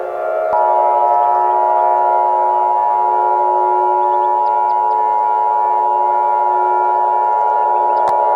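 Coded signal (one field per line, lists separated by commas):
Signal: Emergency Alert System (SAME) tones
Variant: 853 and 960 Hz attention tone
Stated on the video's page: Fictional EAS scenario made with iMovie, containing valid tones; not a real alert.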